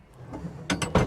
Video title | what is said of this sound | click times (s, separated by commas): BOAT TOUR - Rupert R8 RIB - The £120,000 go anywhere boat | this opens up to a nice little sun pad area as well you can hear that clunk in that metal work it's properly heavy it's going to last you a long time | 0.7 s, 0.8 s, 0.9 s